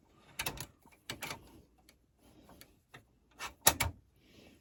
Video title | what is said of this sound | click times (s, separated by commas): Bunny Towel and Wash Cloth | Clicks into place. | 3.7 s, 3.8 s